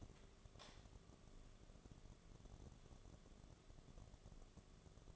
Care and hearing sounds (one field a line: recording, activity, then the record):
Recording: daily activity, microphone in the room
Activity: light on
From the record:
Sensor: 4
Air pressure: 1011.1 hPa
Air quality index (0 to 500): 145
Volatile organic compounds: 3 ppm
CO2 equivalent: 1486 ppm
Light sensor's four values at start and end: 139/364/154/160 and 139/364/154/160